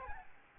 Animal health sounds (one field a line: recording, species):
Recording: mosquito wingbeat signal from an infrared sensor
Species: Aedes albopictus